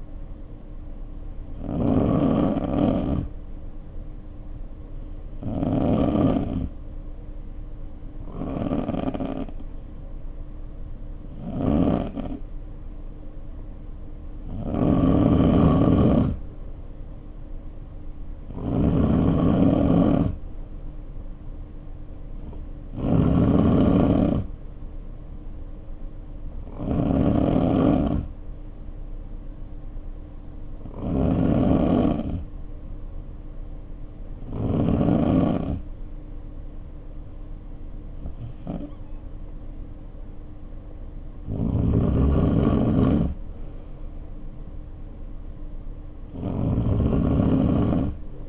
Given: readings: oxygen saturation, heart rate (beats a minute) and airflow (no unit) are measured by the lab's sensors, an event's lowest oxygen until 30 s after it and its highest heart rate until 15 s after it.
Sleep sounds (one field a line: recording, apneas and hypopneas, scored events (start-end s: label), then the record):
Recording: breathing in sleep by a smartphone at the bedside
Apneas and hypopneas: 1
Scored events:
4.00-18.90 s: hypopnea (N3, oxygen 92% highest, then 90% lowest, heart rate 56 at the start, 58 highest)
From the record:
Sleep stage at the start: N3 (deep sleep)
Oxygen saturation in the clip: 88 to 93%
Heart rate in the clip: 51 to 58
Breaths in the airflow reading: 13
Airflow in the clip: -3.7 to 3.2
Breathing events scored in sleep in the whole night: 520 in 7.2 hours asleep